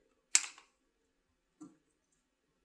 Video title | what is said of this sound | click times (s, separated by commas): RecoveryBoots: Compression Therapy - Sports Performance Technology | blocker plug would go into the other port you'll hear it click and then | 0.3 s